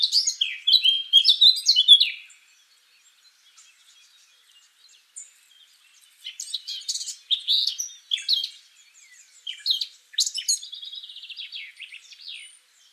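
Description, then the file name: Eurasian blackcap song in several bursts of fast, jumbled warbling separated by pauses, ending in a quick rattling series of high notes. "Sylvia atricapilla"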